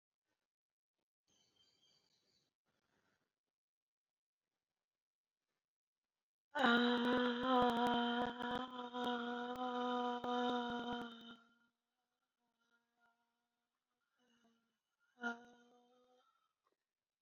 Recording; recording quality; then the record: sustained vowel as in made; excellent, no background noise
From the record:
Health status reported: COVID-19 positive, mild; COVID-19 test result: positive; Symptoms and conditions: cough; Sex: female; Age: 54 years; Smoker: not ticked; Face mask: not worn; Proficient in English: yes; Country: India